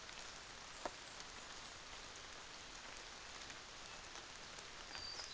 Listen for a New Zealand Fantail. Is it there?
no